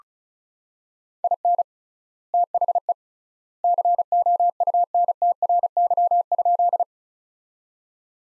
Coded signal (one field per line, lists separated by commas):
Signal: Morse code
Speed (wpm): 36 wpm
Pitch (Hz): 700 Hz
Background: none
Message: IN THE COUNTRY?